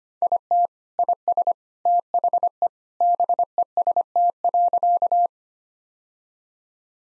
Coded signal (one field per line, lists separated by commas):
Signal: Morse code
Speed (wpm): 25 wpm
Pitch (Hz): 700 Hz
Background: none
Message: IT IS THE BEST.